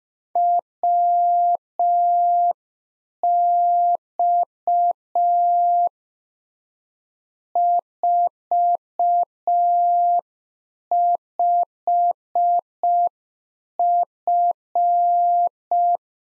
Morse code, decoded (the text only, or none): WX 45F